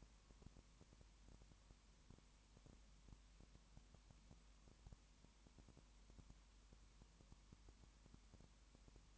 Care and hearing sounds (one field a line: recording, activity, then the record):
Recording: daily activity, microphone in the room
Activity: no activity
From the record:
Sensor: 1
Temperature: 19.7 degrees Celsius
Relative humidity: 40.5%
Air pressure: 1010.6 hPa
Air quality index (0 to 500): 209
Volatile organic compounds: 56 ppm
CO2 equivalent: 3373 ppm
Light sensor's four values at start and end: 1/2/1/1 and 1/2/1/1